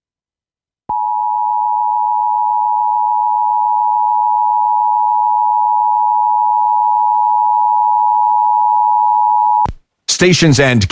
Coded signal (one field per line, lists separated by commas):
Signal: Emergency Alert System (SAME) tones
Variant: 853 and 960 Hz attention tone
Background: speech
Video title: EAS Test EAS#266